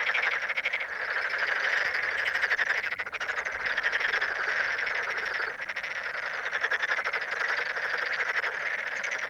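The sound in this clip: Toad chorus, a dense, continuous pulsing trill of many overlapping callers, steady and buzzy throughout with slight swells in loudness.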